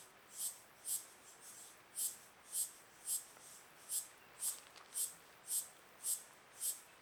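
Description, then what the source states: Cicada giving evenly spaced rattle-like bursts, nearly two each second, over a constant high hiss. Rhythmic cicadas whose calls sound like rattles.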